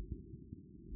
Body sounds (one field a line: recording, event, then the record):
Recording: neck accelerometer signal played as sound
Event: no cough (speech, laughter, throat clearing or background)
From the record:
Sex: male